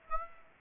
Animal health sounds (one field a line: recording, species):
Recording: mosquito wingbeat signal from an infrared sensor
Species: Aedes aegypti